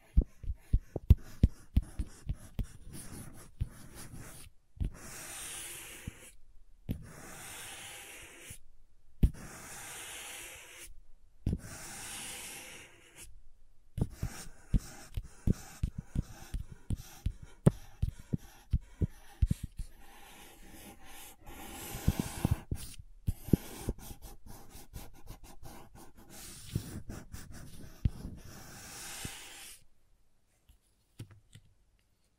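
Crayons tap, scrape and scratch across paper in irregular bursts of sharp clicks and rasping strokes, with brief silent pauses, ending quietly near thirty seconds.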